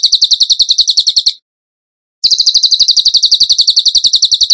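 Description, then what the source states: Bird giving a fast, high trill of evenly repeated notes, broken by a silent gap of about a second, then resuming at the same rapid pace. Masteran (training recording) song in the 'tembakan gacor' style, used to train other birds.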